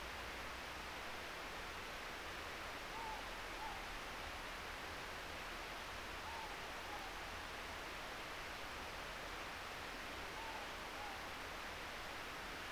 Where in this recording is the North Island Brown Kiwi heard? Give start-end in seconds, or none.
none